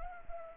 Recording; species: mosquito wingbeat signal from an infrared sensor; Anopheles arabiensis